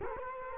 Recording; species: mosquito wingbeat signal from an infrared sensor; Culex quinquefasciatus